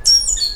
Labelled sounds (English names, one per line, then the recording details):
Stitchbird song
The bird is a male
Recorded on Tiritiri Matangi Island, New Zealand, in 2005
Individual 3, of nest box 3